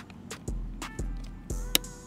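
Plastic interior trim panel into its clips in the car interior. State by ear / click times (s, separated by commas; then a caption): seated / 1.8 s. After installing interior LED bulbs in a Dodge Charger/Challenger, the plastic interior trim panel or light cover is pressed back into its clips in the car interior. Over steady background music, one sharp, loud snap stands out at 1.8 s as the panel seats in place.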